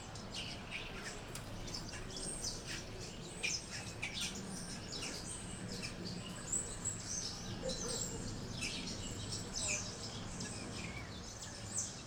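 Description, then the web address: Bird chirping, many quick high notes overlapping in a busy stream for the whole stretch, over a low rumbling background. Birds chirping on a tree. "freesound freelibras birds-chirping-on-a-tree"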